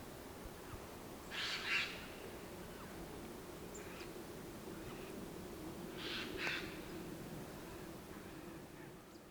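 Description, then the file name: Eurasian jay, two rasping, noisy screeches several seconds apart over a steady low background hum. "Garrulus glandarius"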